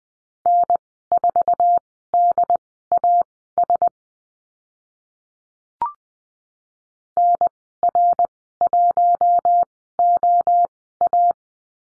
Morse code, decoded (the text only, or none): N4DAS NR1OA